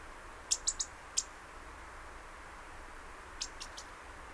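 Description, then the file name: European robin giving sharp, high ticking calls, a quick burst of three followed by a single tick, then another short trio near the end over steady hiss. "Erithacus rubecula"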